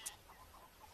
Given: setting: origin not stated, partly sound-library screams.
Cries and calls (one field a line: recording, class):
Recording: one-second piece from a danger detection set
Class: normal situation